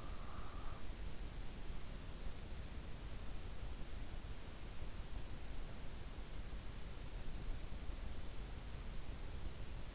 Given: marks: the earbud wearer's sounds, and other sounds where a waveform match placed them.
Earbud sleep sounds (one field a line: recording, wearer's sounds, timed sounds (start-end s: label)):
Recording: sounds in sleep by an in-ear microphone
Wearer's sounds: breath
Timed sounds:
0.00-1.32 s: breath